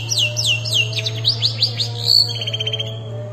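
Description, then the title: Long-tailed shrike song in a quick sequence of falling whistled notes, then a brief louder note and a run of short chirps, with a low steady hum beneath. Combination song. "Cendet Kombinasi"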